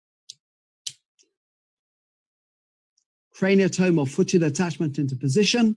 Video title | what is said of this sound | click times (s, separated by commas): 10th Annual NANSIG-SBNS Careers Day (30th Jan 2021) | happy watching tall into the motor collet nice click | 0.9 s